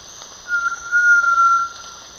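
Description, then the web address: Ochre-striped antpitta giving a sustained, clear whistle lasting just over a second, level in pitch, with a steady high-pitched insect hum behind it. Eastern lowlands of South America. "Natures Songs S America Eastern Lowlands Grallaria dignissima, song"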